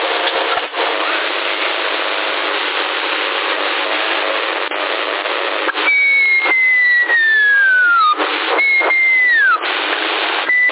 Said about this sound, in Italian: Chi è avanti? Avanti, chi sta frusciando? Fischiano e non parlano. Abbiamo gli uccellini.